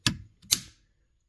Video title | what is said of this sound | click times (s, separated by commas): 2007-2012 Hyundai Santa Fe Clock Spring Replacement Code B1346 | and it's clicked | 0.1 s